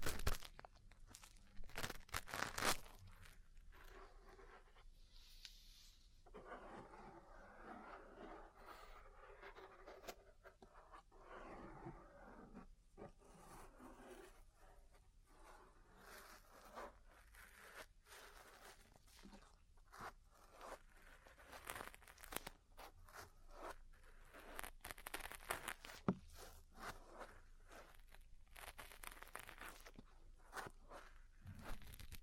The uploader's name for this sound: Ear Cleaning, Massage, Cupping, Tapping